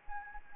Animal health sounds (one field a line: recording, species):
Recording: mosquito wingbeat signal from an infrared sensor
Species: Anopheles gambiae